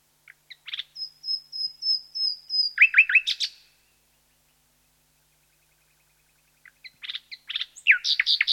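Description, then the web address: Common nightingale phrase: a few notes, then a run of high whistled notes leading into a burst of rich repeated notes. After a silent gap, another varied, rapid phrase begins. "Sound Effects-BBC Nightingales"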